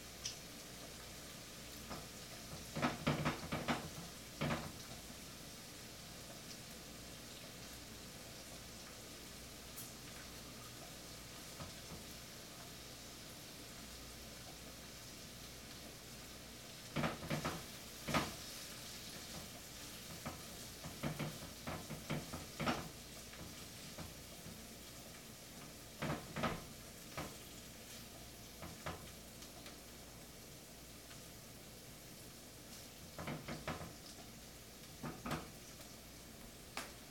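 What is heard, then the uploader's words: Pasta cooking with a steady sizzling hiss, broken by clusters of sharp stirring clatters around 3, 17, 21, 26 and 34 seconds. Cooking Pasta. It consisted of prepackaged ravioli, asparagus, red pepper, garlic, olive oil, salt and pepper. It is a stereo recording. Cooking a quick meal.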